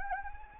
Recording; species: mosquito wingbeat signal from an infrared sensor; Anopheles arabiensis